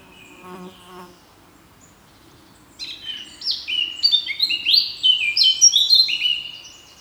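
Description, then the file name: Eurasian blackcap song: after a softer, lower sound, loud fluty whistled phrases burst out for about four seconds. "Sylvia atricapilla"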